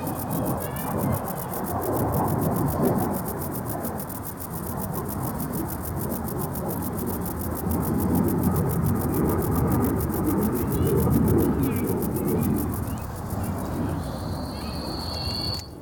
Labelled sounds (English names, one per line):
Stripe-winged Grasshopper stridulation